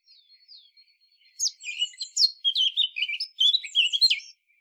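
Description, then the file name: Eurasian blackcap song: a soft, thin twittering opening, then a loud, fast, varied warble of rich chirping notes for about three seconds before stopping. "Sylvia atricapilla"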